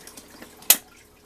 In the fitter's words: it locks into place as you'll see